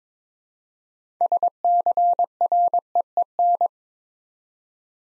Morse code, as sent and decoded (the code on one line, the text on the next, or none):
... -.-. .-. . . -.
SCREEN